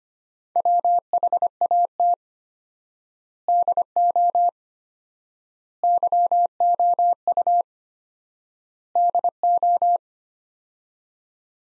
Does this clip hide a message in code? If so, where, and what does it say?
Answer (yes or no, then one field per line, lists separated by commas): yes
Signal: Morse code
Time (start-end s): 0.6-10.0 s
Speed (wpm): 25 wpm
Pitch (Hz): 700 Hz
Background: none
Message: WHAT DO YOU DO